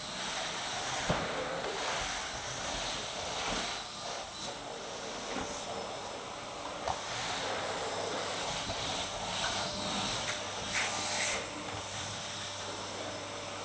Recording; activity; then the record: daily activity, microphone in the room; vacuum cleaning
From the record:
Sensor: 3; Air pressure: 988.7 hPa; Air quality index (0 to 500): 201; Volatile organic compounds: 372 ppm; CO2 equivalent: 4624 ppm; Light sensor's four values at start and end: 22/70/29/25 and 22/69/29/25